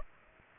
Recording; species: mosquito wingbeat signal from an infrared sensor; Aedes aegypti